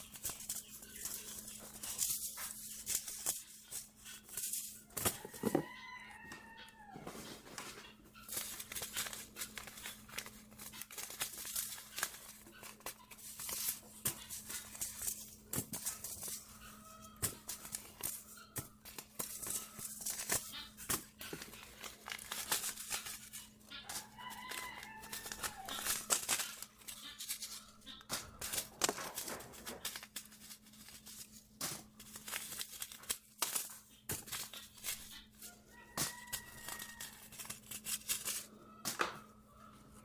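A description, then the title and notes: Seed packets rustle and crinkle in dense, irregular bursts throughout, over a steady low hum, with a few short high chirps around five, twenty-five and thirty-six seconds. Sorting Seed packets. Sorting packets of seeds.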